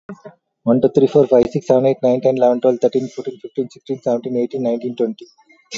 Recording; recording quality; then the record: counting at a fast pace; excellent, no background noise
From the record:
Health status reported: recovered from COVID-19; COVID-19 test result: positive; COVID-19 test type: RT-PCR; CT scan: taken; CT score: 12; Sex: male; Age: 38 years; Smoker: no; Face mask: not worn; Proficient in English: yes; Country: India